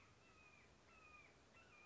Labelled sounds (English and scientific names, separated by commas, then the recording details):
Red-shouldered Hawk (Buteo lineatus)
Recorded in Sonoma County, California